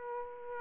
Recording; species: mosquito wingbeat signal from an infrared sensor; Aedes aegypti